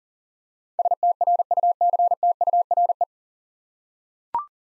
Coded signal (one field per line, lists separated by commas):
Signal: Morse code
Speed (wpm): 40 wpm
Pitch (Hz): 700 Hz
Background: none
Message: STRUCTURE